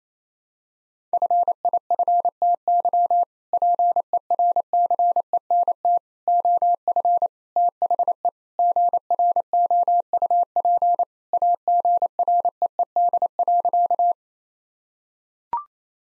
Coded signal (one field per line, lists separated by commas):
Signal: Morse code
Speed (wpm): 27 wpm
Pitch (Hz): 700 Hz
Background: none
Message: FIFTY PERCENT OF THE GROUP AGREED.